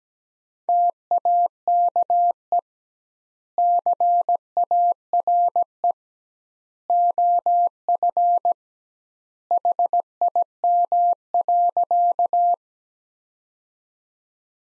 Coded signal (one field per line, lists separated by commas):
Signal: Morse code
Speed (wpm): 17 wpm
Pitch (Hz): 700 Hz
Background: none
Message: TAKE CARE OF HIM.